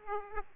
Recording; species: mosquito wingbeat signal from an infrared sensor; Aedes aegypti